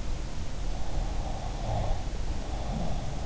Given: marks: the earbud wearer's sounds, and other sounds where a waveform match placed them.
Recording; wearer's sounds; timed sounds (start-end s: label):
sounds in sleep by an in-ear microphone; breath
0.85-3.18 s: breath